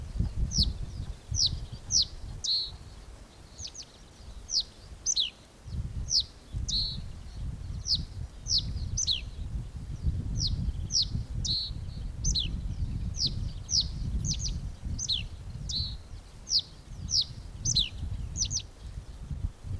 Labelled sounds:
Reed Bunting (Emberiza schoeniclus)
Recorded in the wild
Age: adult
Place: Schönerlinde, Naturpark Barnim, Brandenburg, DE
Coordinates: 52.651, 13.406
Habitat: pond
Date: 1992-05-01 11:15
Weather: heiter bis wolkig, böiger Wind, 16 °C
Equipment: Nagra SN, Mikrofon AKG CK 8, Kopie Tesla B 116
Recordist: Tembrock, Günter

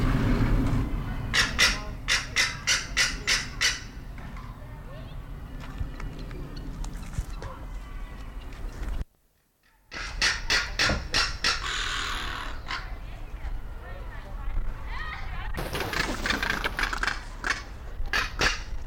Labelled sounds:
Crested Caracara (Caracara plancus)
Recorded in captivity
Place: Timmendorfer Strand, Holsteinische Schweiz, Schleswig-Holstein, DE
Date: 1992-09-21 15:55
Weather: sonnig, 22°C
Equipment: Marantz CP 430, Sennheiser ME 80, Kopie Tesla B 116
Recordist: Tembrock, Günter

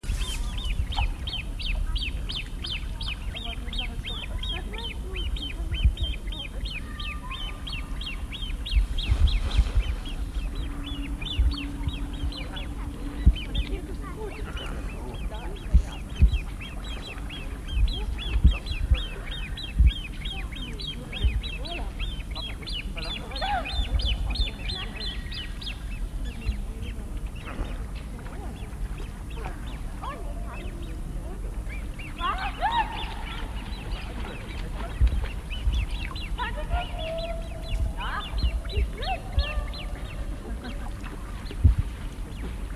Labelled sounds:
Great Crested Grebe (Podiceps cristatus) call
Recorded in the wild
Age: juvenile
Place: Liepnitzsee, Naturpark Barnim, Brandenburg, DE
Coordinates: 52.7489, 13.5111
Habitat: lake
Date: 1989-08-22 20:15
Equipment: Riporter 6 RG-K, Sennheiser MKH 416 T, Halbspur
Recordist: Frommolt, Karl-Heinz

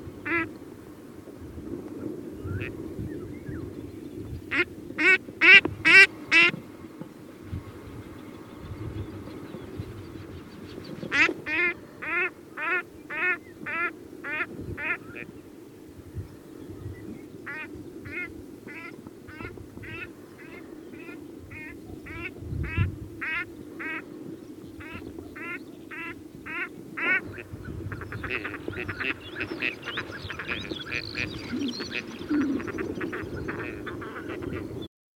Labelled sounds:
Gadwall (Mareca strepera) call
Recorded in the wild
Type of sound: call
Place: Anklam, Mecklenburg-Vorpommern, DE
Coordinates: 53.812, 13.861
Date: 1980-05-25 18:35
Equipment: Nagra III BH, Sennheiser MD 21, parabola
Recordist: Schubert, Michael
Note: Paar Schnatterenten im Fluge, sehr starke Rufe beider Geschlechter

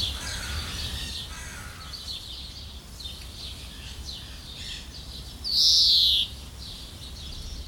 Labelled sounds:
European Greenfinch (Chloris chloris)
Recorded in captivity
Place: Zoo Berlin, Berlin, DE
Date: 1995-07-22 19:43
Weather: heiter, 20-22°C
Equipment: Sony WM-D6C, Sennheiser ME 80, Kopie Uher 4000 Report Monitor
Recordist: Tembrock, Günter

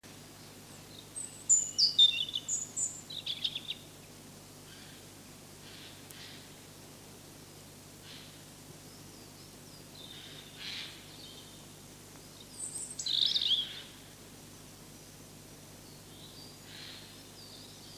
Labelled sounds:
European Robin (Erithacus rubecula) song
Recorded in the wild
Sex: male
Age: adult
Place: Hermsdorfer Forsten, Berlin, DE
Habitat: high forest
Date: 2006-04-15 12:40
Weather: sunny, 9°C
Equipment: Grundig CR 110, Sennheiser ME 80, Kopie Uher 4000 Report Monitor
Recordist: Tembrock, Günter

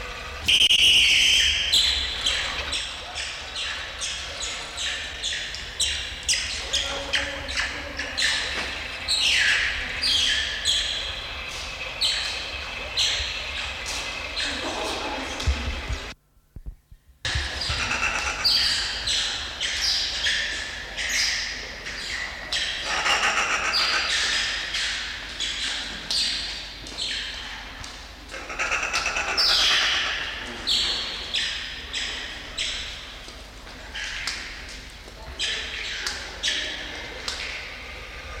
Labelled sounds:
Banded Mongoose (Mungos mungo)
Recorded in captivity
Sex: male
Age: adult
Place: Zoo Halle, Sachsen-Anhalt, DE
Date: 1993-04-24 11:52
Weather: heiter, 16-24 °C
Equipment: Sony WM-D6C, Sony ECM-939 LT, Kopie Uher Variocord 263
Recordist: Tembrock, Günter
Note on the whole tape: Diverse Lautformen

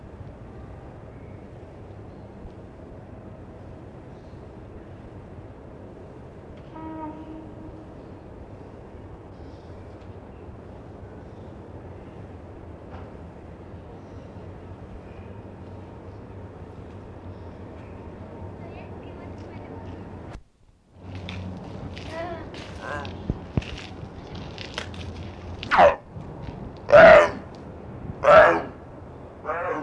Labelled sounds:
Leopard (Panthera pardus) call
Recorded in captivity
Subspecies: japonensis
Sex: female
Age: adult
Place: Tierpark Berlin, Berlin, DE
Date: 1965-12-05 11:30
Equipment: Uher 4000 Report-S, Transistorverstärker II, Sennheiser MD 421
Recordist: Tembrock, Günter
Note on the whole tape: China-Leopard. Weibchen (isoliert gehalten): Rufe und Rufreihen. Abstand: 10 m

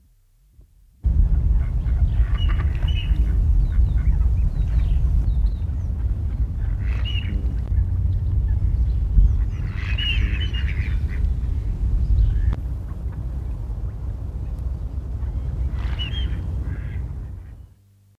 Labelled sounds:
Mallard (Anas platyrhynchos) call
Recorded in the wild
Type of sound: call
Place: Hannover, Hermann-Löns-Park, Niedersachsen, DE
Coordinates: 52.3677, 9.8154
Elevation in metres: 70
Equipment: Halbspur, 9,5 cm/s
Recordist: Lütgens, Hans
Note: Vor Balz

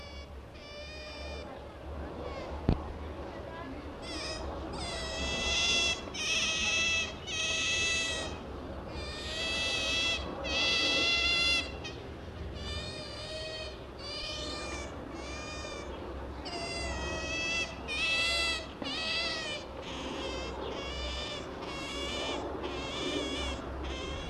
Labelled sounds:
European Otter (Lutra lutra) call
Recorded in captivity
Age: adult
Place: Tierpark Berlin, Berlin, DE
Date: 1965-08-01
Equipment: Uher 4000 Report-S, Transistorverstärker, Sennheiser MD 421
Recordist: Tembrock, Günter
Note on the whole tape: Lautfolgen, dabei meist auf Hinterrückend "sitzend" und mit Vorderbein Analregion kratzend. Abstand 6 m. Die Zooaufnahmen wurden von 8.30 bis 11.15 Uhr gemacht

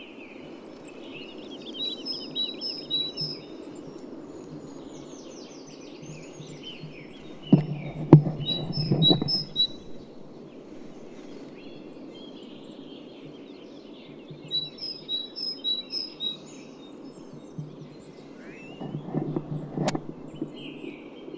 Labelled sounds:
Great Tit (Parus major) song
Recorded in the wild
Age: adult
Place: Schönow, Naturpark Barnim, Brandenburg, DE
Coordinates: 52.6858, 13.5347
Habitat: pine forest
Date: 2005-03-28
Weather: fair, ca. 0°C, moderate winds
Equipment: Tascam DA-P1, Telinga Pro 5, Attenuator 20 dB
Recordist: Frommolt, Karl-Heinz
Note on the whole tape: Kiefernwald ca. 500 m nördlich des Friedhofes Schönow: Gesang. Entfernung 20 m. Tier gesehen

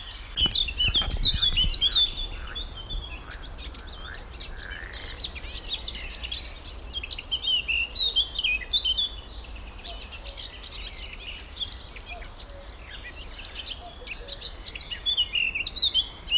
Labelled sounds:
Eurasian Blackcap (Sylvia atricapilla)
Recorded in the wild
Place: Karower Teiche, Naturpark Barnim, Berlin, DE
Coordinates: 52.62, 13.46
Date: 1996-05-19 13:00
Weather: heiter, 24°C
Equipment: Sony MD-WM MZ-R3, Sennheiser MKH 416 T, Kopie Uher 4000 Report Monitor
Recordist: Tembrock, Günter

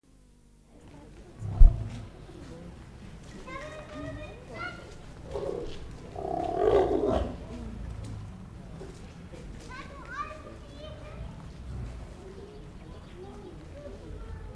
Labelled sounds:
Lion (Panthera leo) call
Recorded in captivity
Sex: pair
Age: adult
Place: Zoo Leipzig, Sachsen, DE
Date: 1959-09-18
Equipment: Reporter (Vollspur)
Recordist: TSA

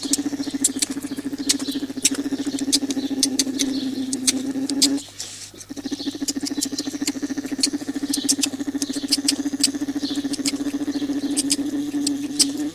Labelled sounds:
Polar Bear (Ursus maritimus) call
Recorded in captivity
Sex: male
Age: juvenile
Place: Zoo Berlin, Berlin, DE
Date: 2007-06-09 15:40
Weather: sunny, ca. 30°C
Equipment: Sony WM-D6C, Sennheiser ME 80, Kopie Uher 4000 Report Monitor
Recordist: Tembrock, Günter

